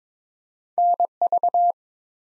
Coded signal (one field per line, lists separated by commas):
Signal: Morse code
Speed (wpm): 22 wpm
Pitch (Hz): 700 Hz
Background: none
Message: NV